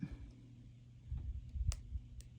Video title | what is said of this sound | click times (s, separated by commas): JJB Summer Bead Blast-Well-Connected Projects using Beads from Jesse James Beads/Wire from Beadalon | okay and you can hear it lock in place | 1.7 s